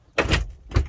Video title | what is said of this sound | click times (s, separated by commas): Installing a Dashboard in a 1999-2004 Jeep Grand Cherokee | And you can hear it kind of popping. And then you seen that? It finally popped into place. | 0.2 s